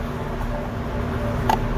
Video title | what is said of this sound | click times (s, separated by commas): Ford Performance Pack 2 Install on a 2016 Mustang GT S550 | click right in there you go so | 1.5 s